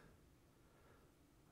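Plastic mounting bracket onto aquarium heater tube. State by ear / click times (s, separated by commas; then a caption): not seated / none. A plastic suction-cup mounting bracket is pressed onto the top of a Hygger HG019 aquarium heater's tube body, producing only faint, steady low rustling and rubbing with no sharp sound. The bracket fails to clip on, and nothing has clicked into place yet.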